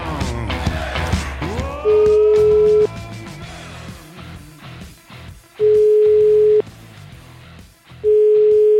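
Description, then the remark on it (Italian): A telephone line tone from an outgoing call, the second call placed, sounds as three steady, mid-pitched beeps, each about a second long with several-second gaps, loud over busy background music and noise. “Telefonata numero 2, caro Parenzo. Numero 2, vai in azione.”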